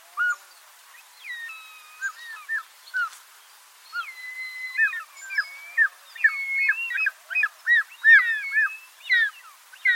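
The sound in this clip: Bird calls: mixed whistled notes, some long flat tones and short chirps, growing into a busy run of quick repeated chirps.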